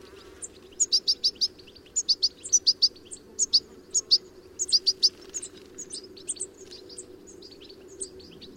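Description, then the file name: European goldfinch calls: bursts of short, bright, tinkling high notes in quick clusters, busiest in the first five seconds, then sparser twitters trailing off. "Carduelis carduelis"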